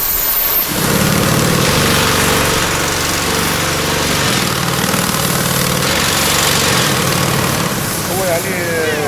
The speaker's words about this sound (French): On va encore aider d'ouvrir l'écartement du trou avec la perceuse, là, comme voit.